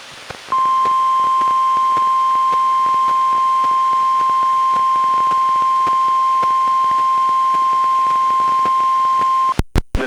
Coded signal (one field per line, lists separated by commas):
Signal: Emergency Alert System (SAME) tones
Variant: 1050 Hz attention tone